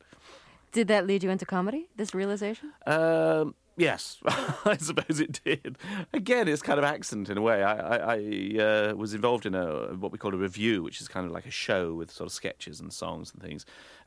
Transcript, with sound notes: Did that lead you into comedy, this realization?
Yes, (laughter) I suppose it did. Again, it was kind of accident in a way. I was involved in a what we call a review, which is kind of like a show with sort of sketches and songs and things.